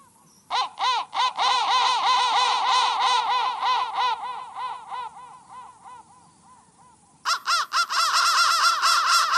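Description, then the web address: Crow caws in rapid harsh runs of several per second, breaking off near the middle, then resuming loudly after a short pause. "soundfactory crow"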